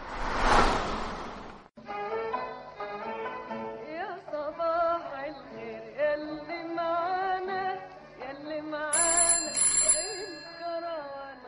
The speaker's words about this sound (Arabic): للمرة الثالثة هذا الأسبوع يدق جرس الهاتف. من الضروري أن أجري دراسة لمعرفة سبب تحول بيتي إلى سنترال العباسية فجأة.